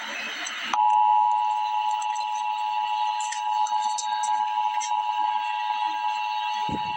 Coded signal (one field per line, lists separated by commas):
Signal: Emergency Alert System (SAME) tones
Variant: 853 and 960 Hz attention tone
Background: speech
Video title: Emergency Alert System - Severe Thunderstorm Warning - Aug 6, 2024 at 3:25 PM EDT